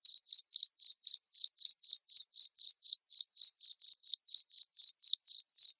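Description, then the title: Cricket chirping with brisk, evenly spaced high pulses, around four every second, ending with a brief click. Loud cricket chirping, played to make lovebirds keep singing their ngekek trill. "Suara JANGKRIK NGERIK Keras Bikin LOVEBIRD Jadi NGEKEK Terus Vubey"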